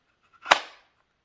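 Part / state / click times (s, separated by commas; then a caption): pistol into holster shell / seated / 0.5 s. A pistol is pushed into a precision-fit rigid holster shell and snaps in with a loud, sharp click at 0.5 s, followed by a short fading rattle. The pistol is seated in the holster.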